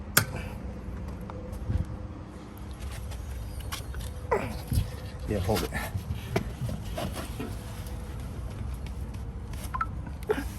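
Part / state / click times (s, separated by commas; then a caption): lug nut on wheel hub stud / stripped / none. While a worker holds the part, a tool works a steel lug nut on a wheel hub stud of a wrecked Ford F-150 truck, with someone talking over low background noise and scattered metallic taps and clanks, the loudest near the start. The lug nut or stud thread strips instead of coming free, and nothing has seated or clicked.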